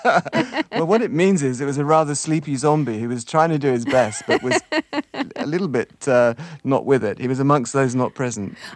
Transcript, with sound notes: Well, what it means is it was a rather sleepy Zombie who was trying to do his best but was...
(Laughter).
...A little bit not with it. He was amongst those not present.